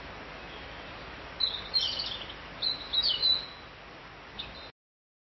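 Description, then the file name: Bird song: two bursts of high, chirpy twittering phrases around the middle, a short faint note near the end, over a steady hiss. "Vogel"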